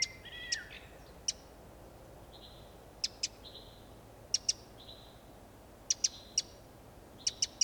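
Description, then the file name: Eurasian wren giving sharp single and paired ticking clicks at short intervals, with brief chirpy notes at the start and faint high tones between. "Troglodytes troglodytes"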